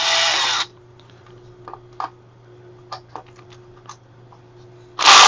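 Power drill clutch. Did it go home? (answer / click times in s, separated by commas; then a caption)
yes / 1.7 s, 2.0 s, 2.9 s, 3.2 s. A power drill drives a cross-threaded screw into a scooter frame, and the drill's adjustable clutch slips and ratchets because its setting needs to be raised. Loud bursts of drill whir at the start and end frame a quieter stretch of sharp clutch clicks at 1.7, 1.7, 2.0, 2.9 and 3.2 seconds. The clutch gives way at its torque setting rather than driving the screw home.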